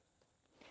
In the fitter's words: so you're going to pull this and this and you're going to go till it clicks it just clicked so you didn't so